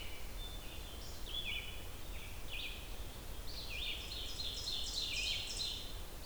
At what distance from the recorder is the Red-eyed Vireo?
about 60 m